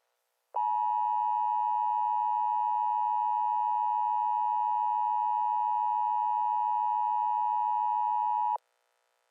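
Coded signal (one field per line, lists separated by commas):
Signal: Emergency Alert System (SAME) tones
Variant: 853 and 960 Hz attention tone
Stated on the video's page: Fake mock EAS alert with valid tones.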